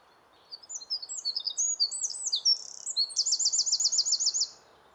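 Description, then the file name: Eurasian wren song, high and energetic: tumbling squeaky notes build into a fast, rattling trill of evenly repeated phrases, closing sharply after about four and a half seconds. "Troglodytes troglodytes"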